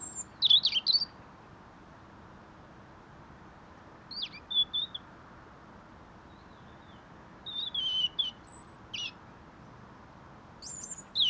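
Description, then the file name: European robin song in short, high, trilled and whistled phrases, spaced several seconds apart, with quiet background hiss between them. "Erithacus rubecula"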